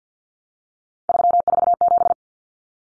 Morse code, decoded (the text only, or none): 347